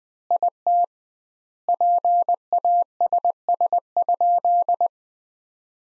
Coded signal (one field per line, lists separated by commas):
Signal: Morse code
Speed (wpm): 20 wpm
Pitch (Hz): 700 Hz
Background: none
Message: IT PASS?